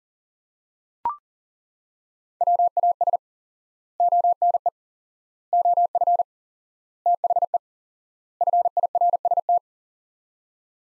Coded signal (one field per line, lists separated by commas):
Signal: Morse code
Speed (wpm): 40 wpm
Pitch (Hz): 700 Hz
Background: none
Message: WAS ONE OF THE FIRST